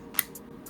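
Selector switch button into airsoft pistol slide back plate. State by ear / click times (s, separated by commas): seated / 0.2 s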